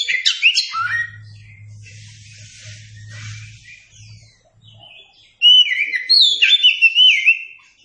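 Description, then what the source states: Oriental magpie-robin song: a short burst of sharp whistled notes, a pause filled by a low hum, then a clear phrase of long, bright whistles. Song recording (masteran) used to train captive songbirds.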